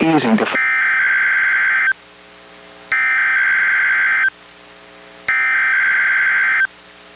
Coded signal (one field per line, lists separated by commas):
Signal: Emergency Alert System (SAME) tones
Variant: header bursts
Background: speech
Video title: EAS #854: NWR Required Weekly Test- Aug. 2, 2023- 11:05AM PDT